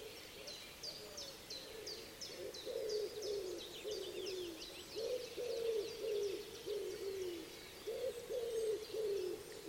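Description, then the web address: Common wood pigeon: low, breathy cooing of a common wood pigeon repeated in phrases, under a busy chorus of high, sharp bird notes. "cianscape. Deverinetal 2025. Bird Only"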